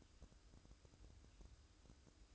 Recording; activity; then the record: daily activity, microphone in the room; make coffee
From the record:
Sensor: 2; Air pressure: 1007.2 hPa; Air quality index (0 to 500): 41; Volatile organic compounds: 1 ppm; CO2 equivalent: 542 ppm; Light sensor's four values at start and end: 6/14/6/6 and 6/14/6/6